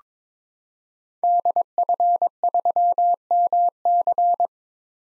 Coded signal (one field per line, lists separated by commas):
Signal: Morse code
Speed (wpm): 22 wpm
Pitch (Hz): 700 Hz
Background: none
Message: DF3MC